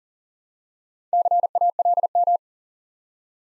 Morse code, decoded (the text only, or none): CALM